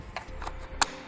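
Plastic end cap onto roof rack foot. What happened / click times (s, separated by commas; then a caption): The plastic end cap snapped into place / 0.8 s. A plastic end cap is pressed onto the foot of a Thule SquareBar crossbar roof rack on a 2016 GMC Sierra 2500 after the foot has been tightened. A few faint taps and handling sounds lead up to one sharp snap at 0.8 s. The end cap is seated.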